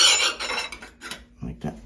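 A metal grab bar flange cover is handled and its little indentations are matched to the mounting flange before it is pushed home. Scraping metal clinks are heard, with sharper clinks at about 0.7 and 0.8 seconds, and someone talks briefly. Nothing has snapped or clicked into place yet.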